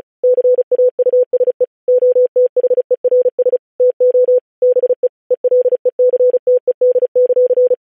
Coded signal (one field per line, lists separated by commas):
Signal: Morse code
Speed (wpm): 36 wpm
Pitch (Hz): 500 Hz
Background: none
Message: CAUSE OTHERS TO BE ELECTED;